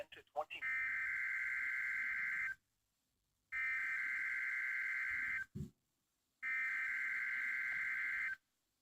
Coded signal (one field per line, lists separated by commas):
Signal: Emergency Alert System (SAME) tones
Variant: header bursts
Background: speech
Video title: Required Weekly Test (EAS 421)